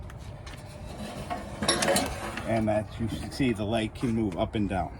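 A metal folding leg on a Bells Brewery Gas Kegaque keg grill is moved up and down at its locking bracket while someone talks, with a burst of metallic clattering around 1.6 to 1.9 s. The leg has not locked into place yet; nothing has seated or clicked.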